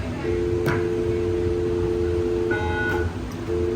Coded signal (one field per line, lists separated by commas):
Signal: telephone call progress tone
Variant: North America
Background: speech, music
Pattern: dial tone